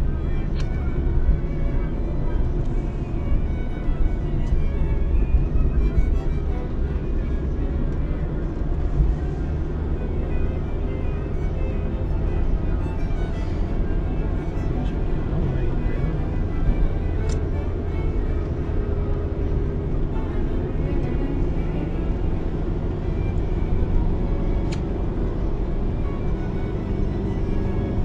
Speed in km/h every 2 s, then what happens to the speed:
55, 58, 56, 53, 59, 63, 66, 70, 68, 63, 67, 71, 74, 74.
0-7 steady at about 55. 7-14 speeds up to 70. 14-19 slows to 63. 19-28 speeds up to 74.